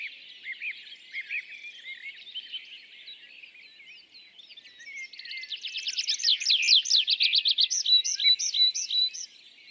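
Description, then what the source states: Tree pipit song: soft chattering phrases, then a loud fast trill of descending notes ending in slower whistled phrases. Displaying tree pipit days back from migration, singing atop isolated tree by meadow, sometimes rising then parachuting down; La Sarcena, Val Drôme, France, 27 April 2020; Nagra Seven, MKH40.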